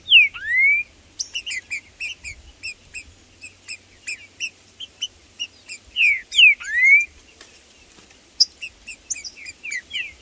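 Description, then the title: Green-winged saltator song with paired swooping whistles, first falling then rising, given twice, between steady trains of quick high chirps. Trinca-ferro in the bush, singing, calling and 'macheando' (male rivalry display) in a dispute with a free-living rival. "Trinca Ferro no MATO Cantando e Macheando muito com Solto! Blindado e Tufão no mato"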